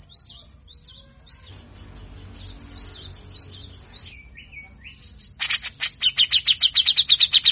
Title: MASTERAN CUCAK JENGGOT GACOR FULL BESETAN KASAR DURASI PANJANG !!!. Cucak Jenggot Bakal Rajin Bunyi Dengar Cucak Jenggot Gacor Ini